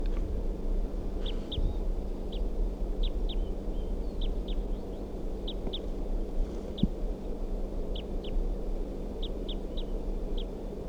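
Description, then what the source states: Crossbill calls: sharp, brief high chips, often paired, scattered every second or so, over a low steady hum and faint rumble. Wild female calling from a ponderosa pine across the road after leaving a captive bird's cage, about 4:53–4:55 p.m.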